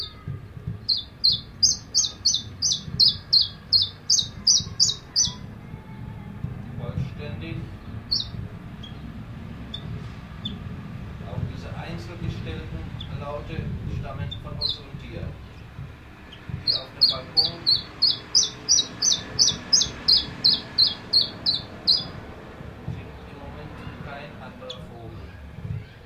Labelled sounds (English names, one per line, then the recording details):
Common Chiffchaff song
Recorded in captivity
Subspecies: collybita
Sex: male
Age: adult
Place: Zoologisches Institut Universität Tübingen, Baden-Württemberg, DE
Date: 1965-06-09 15:00
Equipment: Nagra III PH, MD 421, kleiner englischer Parabolspiegel, LGS26
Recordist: Schneider, Hans-Joachim
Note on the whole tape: 1.Aufn: Männchen blau/grün - blau/blau: Gleichförmige Gesänge. Aufnahmen mit kleinem englischen Parabolspiegel. 2. Aufn.: 2. Juli um 10 Uhr: Männchen blau/grün - lila/gelb. Aufn.3.: 22 Juli um 7.25 Uhr, auf dem Balkon von Nr. 8 (wahrscheinlich Biesinger str. Nr. 8, in Tübingen). Gleichförmige Gesänge eines Tieres. Aufnahmen 2. + 3. mit dynamischem Mikrofon MD421. MaAs: E.B